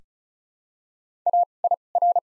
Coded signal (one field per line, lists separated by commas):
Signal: Morse code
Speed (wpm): 36 wpm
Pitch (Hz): 700 Hz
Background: none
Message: A I R